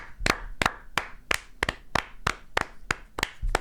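One person claps steadily, about a dozen sharp, bright hand claps at an even rhythm of roughly three per second, fairly loud, with no talking.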